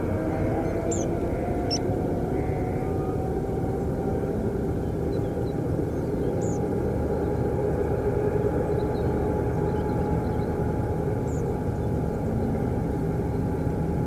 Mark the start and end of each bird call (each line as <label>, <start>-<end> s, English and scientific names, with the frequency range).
Carrion Crow (Corvus corone) (1.9-2.6 kHz), 0.29-0.89 s
Tree Pipit (Anthus trivialis) (2.6-7.8 kHz), 0.89-1.06 s
Carrion Crow (Corvus corone) (1.9-2.6 kHz), 1.30-1.92 s
Meadow Pipit (Anthus pratensis) (2.4-11.4 kHz), 1.68-1.81 s
Carrion Crow (Corvus corone) (1.9-2.6 kHz), 2.36-2.94 s
Tree Pipit (Anthus trivialis) (5.1-8.0 kHz), 6.41-6.60 s
European Robin (Erithacus rubecula) (3.7-4.7 kHz), 8.69-9.30 s
European Robin (Erithacus rubecula) (2.9-5.5 kHz), 9.66-10.51 s
Tree Pipit (Anthus trivialis) (5.7-8.1 kHz), 11.26-11.42 s
European Robin (Erithacus rubecula) (5.9-7.9 kHz), 11.73-12.30 s